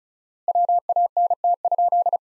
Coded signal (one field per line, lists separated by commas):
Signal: Morse code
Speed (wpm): 36 wpm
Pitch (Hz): 700 Hz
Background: none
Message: WANT?